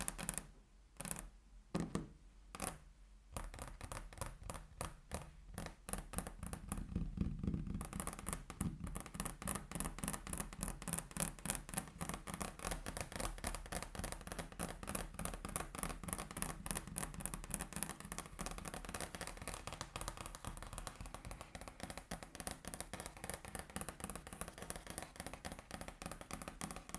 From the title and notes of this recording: ASMR Table Tapping (No Talking).